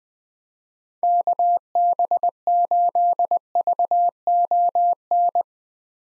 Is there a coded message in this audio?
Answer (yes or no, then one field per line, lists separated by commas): yes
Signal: Morse code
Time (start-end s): 1.0-5.4 s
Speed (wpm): 20 wpm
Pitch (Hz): 700 Hz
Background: none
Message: KB8VON